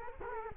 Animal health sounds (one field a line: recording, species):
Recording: mosquito wingbeat signal from an infrared sensor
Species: Culex quinquefasciatus